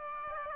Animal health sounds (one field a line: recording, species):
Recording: mosquito wingbeat signal from an infrared sensor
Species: Aedes aegypti